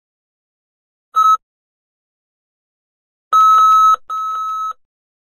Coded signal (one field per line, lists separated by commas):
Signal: none